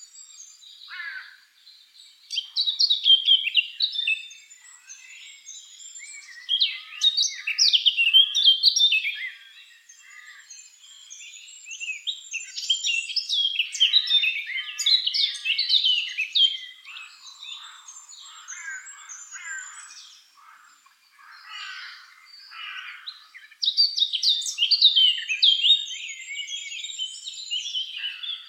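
A Eurasian blackcap sings in a run of rich, fast warbling phrases, bright and busy, each lasting a few seconds with short pauses between. The loudest bursts come around 3, 7, 14 and 24 seconds, over a quiet background.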